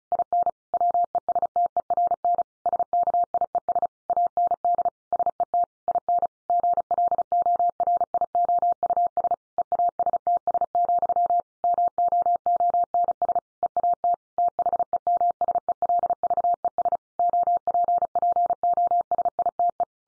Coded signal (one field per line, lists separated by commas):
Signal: Morse code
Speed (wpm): 34 wpm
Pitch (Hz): 700 Hz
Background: none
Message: IN WESTERN SKIES AND SET IN GLORIOUS EASTS, MOONS EAT THEMSELVES OPPOSITE